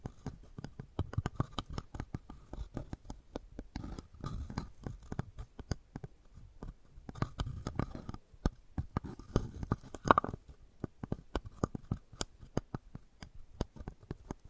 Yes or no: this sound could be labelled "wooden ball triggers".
yes